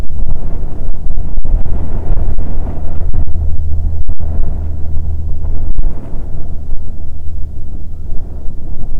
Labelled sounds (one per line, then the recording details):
jet
wind
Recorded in the Prudhoe Bay oil fields, Alaska, on 7 August 2019 at 14:10
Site 17